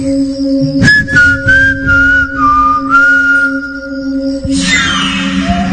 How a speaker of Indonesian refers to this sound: Aku coba kembali bersiul.